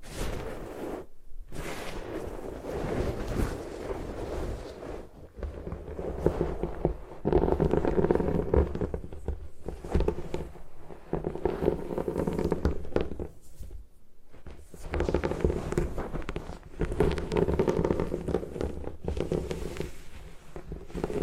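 Gym chalk is crushed and broken in a run of dull, crumbly thuds and scraping, mostly low and muffled with brighter crackle on the impacts. The activity comes in dense bursts separated by short silences near 1, 5, 14 and 20 seconds.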